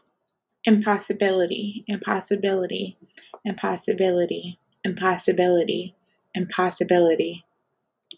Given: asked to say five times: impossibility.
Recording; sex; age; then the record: repeated word; female; 20 to 29 years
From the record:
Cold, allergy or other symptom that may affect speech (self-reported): no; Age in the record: 22 years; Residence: Texas, United States